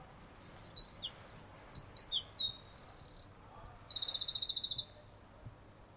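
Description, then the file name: Eurasian wren song: a rapid, loud outpouring of high sharp notes broken by two fast buzzing trills, lasting about five seconds. "Troglodytes troglodytes"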